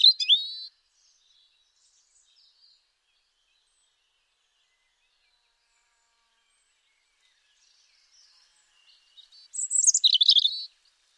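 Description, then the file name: European robin, a brief high warbled snippet at the start, then a long quiet gap before another short burst of sharp twittering notes near the end. "Erithacus rubecula"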